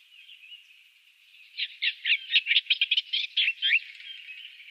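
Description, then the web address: Eastern olivaceous warbler song: a quiet opening, then a fast, scratchy, chattering warble of short notes that rise and fall, lasting about two seconds. "Schulze Peter Eastern Olivaceous Warbler song"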